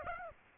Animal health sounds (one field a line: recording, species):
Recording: mosquito wingbeat signal from an infrared sensor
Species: Aedes aegypti